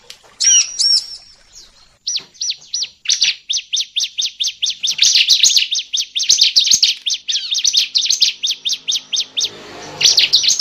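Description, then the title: Lovebird chirping calls, a long steady series of sharp high chirps repeated several times a second, with a brief rustling noise near the end. Lure sound used to attract lovebirds. "PIKAT BURUNG LOVEBIRD"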